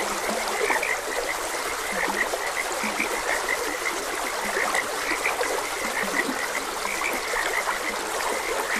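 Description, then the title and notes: Frog chorus of quick, repeated high croaks pulsing without pause, a few low grunting croaks scattered through, all over the steady hiss of a running stream. Frogs croaking beside a gentle stream. "Gentle Stream and Frogs Croaking - Calming Sounds of Nature. Sleep and Relaxation Podcast"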